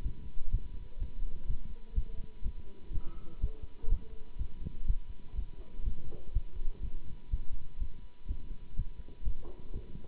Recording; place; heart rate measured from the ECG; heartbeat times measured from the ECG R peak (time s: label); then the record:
heart sounds by stethoscope; between the tricuspid and mitral areas; 124 bpm
0.03 s: heartbeat
0.51 s: heartbeat
0.99 s: heartbeat
1.47 s: heartbeat
1.94 s: heartbeat
2.43 s: heartbeat
2.91 s: heartbeat
3.40 s: heartbeat
3.89 s: heartbeat
4.38 s: heartbeat
4.86 s: heartbeat
5.35 s: heartbeat
5.84 s: heartbeat
6.33 s: heartbeat
6.81 s: heartbeat
7.30 s: heartbeat
7.78 s: heartbeat
8.27 s: heartbeat
8.75 s: heartbeat
9.24 s: heartbeat
9.72 s: heartbeat
From the record:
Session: Bruce protocol treadmill stress test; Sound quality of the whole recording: good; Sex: male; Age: 24 years